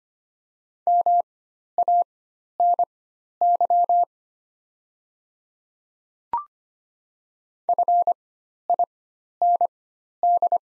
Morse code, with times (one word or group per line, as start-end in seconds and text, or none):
0.9-4.0 MANY
7.7-10.6 FIND